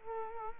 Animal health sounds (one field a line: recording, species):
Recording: mosquito wingbeat signal from an infrared sensor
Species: Culex quinquefasciatus